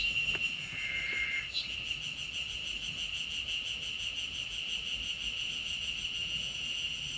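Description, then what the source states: Ezo spring cicada song, a sustained high buzzing drone with rapid pulsing, with a couple of short whistled notes near the start. Played again for listeners; in the mountains of Kanagawa, Japan, appears above about 1000 m, emerging late May to early June; heard as a sign that summer mountain season has arrived.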